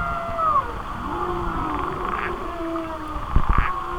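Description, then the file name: Whale sounds: sliding moans that descend and then level off, and a short burst of low knocks toward the end. "Whale Songs- Mike Mc Donald"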